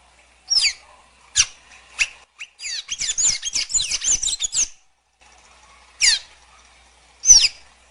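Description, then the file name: Blue dacnis song: scattered sharp high notes lead into a quick twittering run, followed by two single downslurred notes. "canto da pipira azul"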